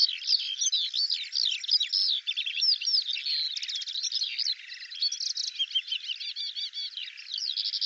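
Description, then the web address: Eurasian skylark pouring out a rapid, jumbled song of high chirps, buzzy bursts and whistled slurs, running continuously without gaps. "Deverinetal 2025 File cleaned normalized Bird Al Ar"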